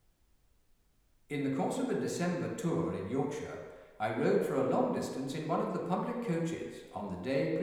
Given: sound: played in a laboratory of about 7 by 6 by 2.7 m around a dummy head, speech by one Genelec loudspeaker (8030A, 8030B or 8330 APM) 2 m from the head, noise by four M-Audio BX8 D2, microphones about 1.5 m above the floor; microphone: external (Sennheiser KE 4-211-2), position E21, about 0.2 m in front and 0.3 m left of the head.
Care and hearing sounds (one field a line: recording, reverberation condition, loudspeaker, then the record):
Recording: male speech in English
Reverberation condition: high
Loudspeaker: 30 degrees to the left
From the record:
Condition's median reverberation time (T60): about 1300 ms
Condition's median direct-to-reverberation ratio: about -4.0 dB